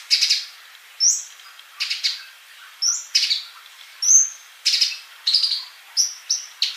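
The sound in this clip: Bird song of repeated high chirp bursts mixed with short upslurred whistles, in evenly spaced phrases.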